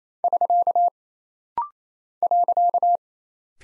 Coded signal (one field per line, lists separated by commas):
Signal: Morse code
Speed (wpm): 27 wpm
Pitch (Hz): 700 Hz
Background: none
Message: <SK> .